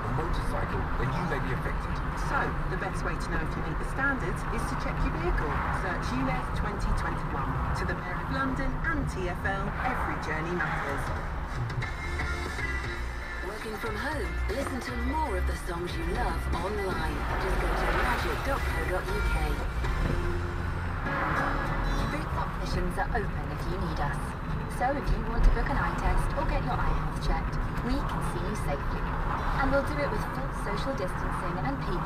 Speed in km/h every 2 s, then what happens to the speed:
31, 31, 31, 27, 23, 15, 0, 0, 0, 8, 18, 23, 26, 27, 31, 29.
0-12 slows to 0. 12-17 standing. 17-28 pulls away to 31.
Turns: none.